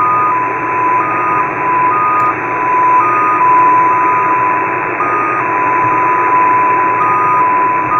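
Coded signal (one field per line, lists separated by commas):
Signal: numbers station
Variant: XPA2 (MFSK)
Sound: steady whistle tone with occasional brief higher tone steps over hiss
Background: radio static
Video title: XPA2 7684kHz 16:20 UTC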